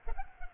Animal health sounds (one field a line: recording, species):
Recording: mosquito wingbeat signal from an infrared sensor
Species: Culex pipiens